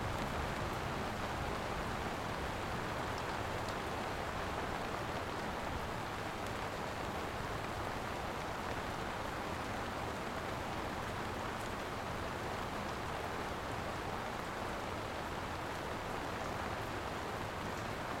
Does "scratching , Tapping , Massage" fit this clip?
no